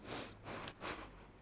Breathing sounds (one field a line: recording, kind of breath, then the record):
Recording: one breath in and out by a microphone near the nose and mouth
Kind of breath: strong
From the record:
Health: marked as sick, illness not named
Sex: female